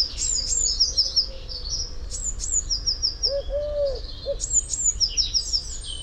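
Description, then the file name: Eurasian blue tit uttering high, thin descending notes and brief trills, with a low coo partway through. "Cyanistes caeruleus"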